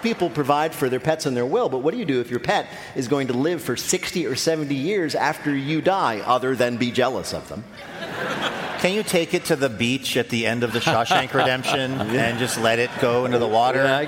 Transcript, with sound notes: A lot of people provide for their pets in their will. But what do you do if your pet is going to live for 60 or 70 years after you die, other than be jealous of them?
(LAUGHTER)
Can you take it to the beach at the end of "The Shawshank Redemption" and just let it go into the water?